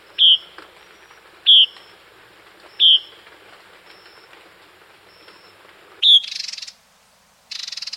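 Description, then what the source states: White-breasted wood-wren: four brief clear whistled notes, spaced unevenly, then bursts of hissing noise near the end. Recorded in South America.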